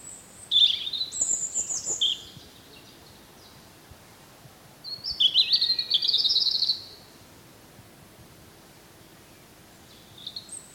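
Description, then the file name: European robin song: two bursts of high, thin warbling phrases mixing sweet whistles and rapid trills, with a short separate fragment at the end; faint background noise. "Erithacus rubecula"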